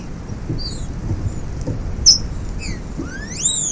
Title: Canto De Trinca Ferro. TRINCA FERRO MACHEANDO, ESQUENTA MUITO